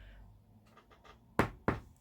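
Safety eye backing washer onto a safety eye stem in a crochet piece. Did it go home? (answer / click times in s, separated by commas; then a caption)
yes / 1.4 s, 1.7 s. A plastic backing washer is pressed onto a larger safety eye stem through the fabric of a crochet piece. After a few faint soft rustles, two sharp clicks sound at 1.4 s and 1.7 s. The washer clicks on twice and is seated.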